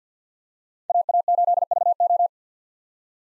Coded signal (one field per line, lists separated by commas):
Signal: Morse code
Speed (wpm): 49 wpm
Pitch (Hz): 700 Hz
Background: none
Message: AA8VO